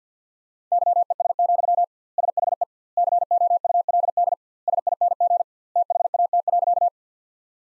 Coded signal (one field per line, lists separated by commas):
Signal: Morse code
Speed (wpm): 50 wpm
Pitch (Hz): 700 Hz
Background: none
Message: YES, SHE COULD SING THAT.